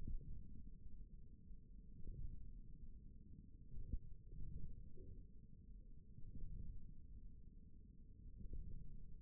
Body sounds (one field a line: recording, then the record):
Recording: forearm muscle sounds (acoustic myography)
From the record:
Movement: ulnar deviation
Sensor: system 1, eight BSWA MPA416 microphones around the upper forearm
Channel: 1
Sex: male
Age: 41 years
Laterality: right